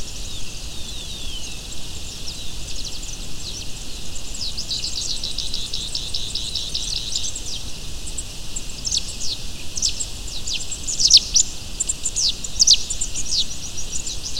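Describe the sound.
Bird calls: high chirps and a fast, even trilled series around the middle, then sharp separate notes toward the end, over steady background hiss.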